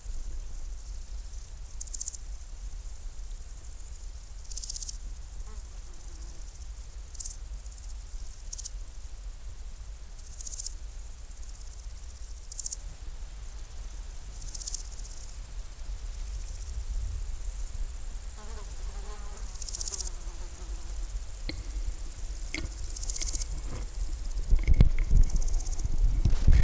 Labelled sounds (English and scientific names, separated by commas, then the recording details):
Large Gold Grasshopper (Chrysochraon dispar) stridulation
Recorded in the wild
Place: Groß Dölln, Schorfheide, Brandenburg, DE
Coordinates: 53.01, 13.58
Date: 1996-08-04 16:47
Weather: wechselnd heiter bis wolkig, 15-18°C
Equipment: Sony MD-WM MZ-R3, Sennheiser ME 80, Kopie Uher 4000 Report Monitor
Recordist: Tembrock, Günter